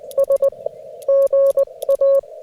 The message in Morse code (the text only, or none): S GA